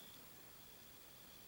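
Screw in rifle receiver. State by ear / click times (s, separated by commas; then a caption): not seated / none. A finely threaded steel screw is turned backwards in the receiver of a Rossi lever-action rifle part, feeling for the thread start to drop into place before it is tightened forward. Only a steady broadband hiss is heard, with no distinct transients. Nothing has clicked or seated yet.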